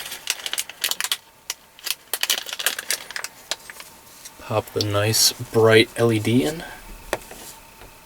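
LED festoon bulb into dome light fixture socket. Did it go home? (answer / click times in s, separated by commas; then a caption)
no / none. An LED festoon bulb is handled at the dome light fixture socket of a 2020 Chevy Colorado Z71, with a series of sharp plastic taps and small clicks in the first few seconds and another at 7.1 s. Someone talks in the middle of the clip. Nothing has seated in the socket yet.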